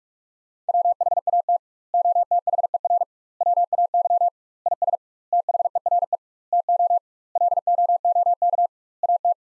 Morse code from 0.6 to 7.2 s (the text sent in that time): WHAT OTHER WAY IS THERE TO